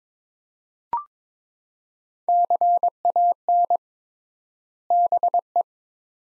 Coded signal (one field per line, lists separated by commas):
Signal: Morse code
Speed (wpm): 23 wpm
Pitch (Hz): 700 Hz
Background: none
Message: CAN BE